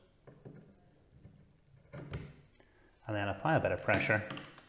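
A second RAM memory stick is lined up with its DIMM slot on a motherboard and pushed in with a bit of pressure, with soft handling noises and a few faint taps while someone talks in the second half. The clip ends before the stick goes home, so nothing has seated or clicked yet.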